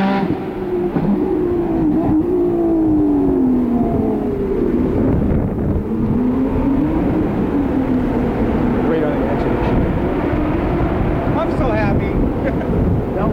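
Trackside at the CART IndyCar race around downtown Detroit, with a loud, steady engine roar throughout. Engine pitch rises and falls as cars pass, sweeping down around two and six seconds, with a brief higher whine near twelve seconds.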